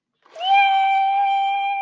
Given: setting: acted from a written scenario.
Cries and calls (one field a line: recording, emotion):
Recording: vocal sound without words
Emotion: elation